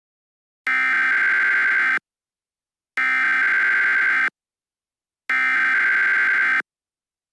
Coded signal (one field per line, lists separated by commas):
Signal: Emergency Alert System (SAME) tones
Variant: header bursts